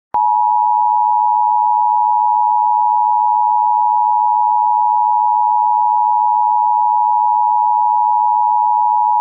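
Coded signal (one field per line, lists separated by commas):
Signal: Emergency Alert System (SAME) tones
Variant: 853 and 960 Hz attention tone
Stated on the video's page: Fictional EAS scenario with simulated alert tones.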